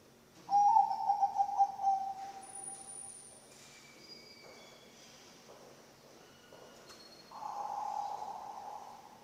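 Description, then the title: Zebra dove cooing song: one loud, pulsed trilling phrase fading out, followed by scattered faint high whistles and a softer, smoother cooing sound at the end. Bangkok-type zebra dove song, recorded for training other birds (masteran) and for luring (pancingan). "mster Mnuk. SUARA OCEHAN BURUNG PERKUTUT BANGKOK Untuk MASTERAN dan PANCINGAN"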